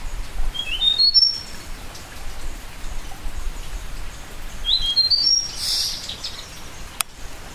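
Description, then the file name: Yellow-bellied warbler calling: two brief runs of thin, very high notes stepping upward, about four seconds apart, over steady rain-like patter with a sharp click near the end. "warbler-yellow-bellied Abroscopus-superciliaris"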